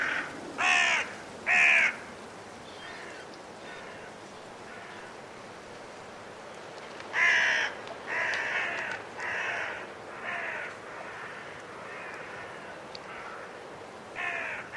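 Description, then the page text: Carrion crow caws, harsh and ragged: two loud calls, then a pause and a burst of several more, with steady wind noise throughout. Five carrion crows calling in trees before roosting, during blustery force 6 wind, in winter at Woodchester Park, Gloucestershire. "A group of five Carrion Crows in the trees, before roosting, during a blustery force 6 wind. Recorded in winter at Woodchester Park, Gloucestershire by Richard Margoschis. British Library"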